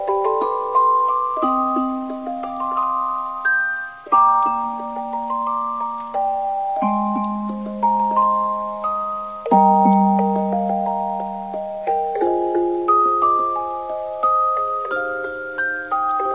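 A music box plays a slow, gentle melody of bright plucked notes, with lower tones changing every few seconds beneath ringing chimes.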